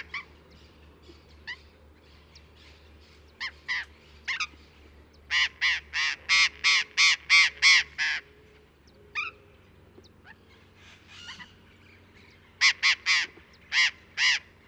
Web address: parrots cyanoliseus-patagonus